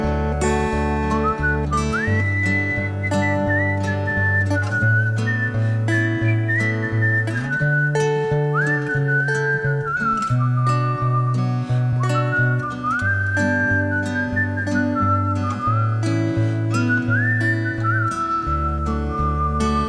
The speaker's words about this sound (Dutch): Ik zou willen dat ik zo kon fluiten, dat wilde ik zeggen.